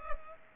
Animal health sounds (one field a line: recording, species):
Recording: mosquito wingbeat signal from an infrared sensor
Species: Culex pipiens